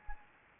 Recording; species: mosquito wingbeat signal from an infrared sensor; Anopheles arabiensis